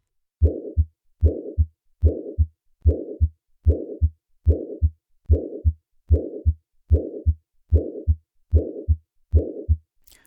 Another variant of mitral regurgitation is a decrescendo murmur due to acute mitral regurgitation. In this case, the pressures in the left atrium and left ventricle equalize towards the end of systole, thus decreasing the sound of the murmur. Listen to the decrescendo murmur of acute mitral regurgitation.